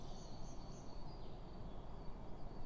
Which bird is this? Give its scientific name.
Parus major